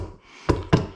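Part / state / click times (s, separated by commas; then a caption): snap ring retaining piston in motorcycle brake master cylinder bore / not seated / none. A snap ring retaining the rebuilt piston in the front brake master cylinder bore of a 2003 Suzuki Intruder motorcycle is being pressed in with a socket. Three sharp knocks land at about 0.5, 0.7 and 1.0 s after quiet low handling noise. Nothing has seated or clicked yet; the snap ring is still being handled and is not yet home in its groove.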